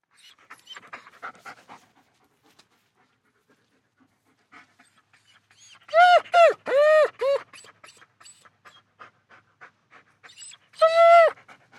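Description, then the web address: German Shepherd: dog giving soft breathy sounds, then a burst of four rising-and-falling whines midway and another whine near the end. German Shepherd dog, panting and whining. "Big Room Sound Dog German Shepherd"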